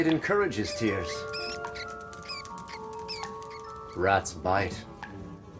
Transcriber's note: soundbite of rat squeaking